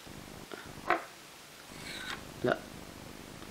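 During FPV drone assembly, a small tube is handled against a drone frame part, ready to be pushed into place by force. Someone talks briefly, and there are short handling knocks near 0.5 s and 0.9 s plus a low purring hum in the background. The clip ends before the part goes home, so nothing has clipped or seated yet.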